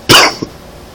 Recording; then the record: coughing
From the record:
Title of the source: Coughing 60